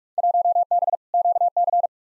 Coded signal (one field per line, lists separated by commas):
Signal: Morse code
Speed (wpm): 44 wpm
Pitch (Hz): 700 Hz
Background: none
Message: 1B QC